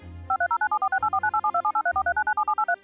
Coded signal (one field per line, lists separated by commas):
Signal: DTMF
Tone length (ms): 90 ms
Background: music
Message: 5309746849872783439783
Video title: The Incredible Evolution of the Telephone